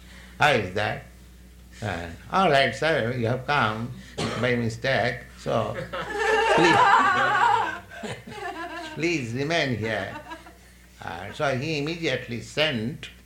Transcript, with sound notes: How is that?" "All right, Sir. You have come by mistake, so...," [laughter] "please remain here." So He immediately sent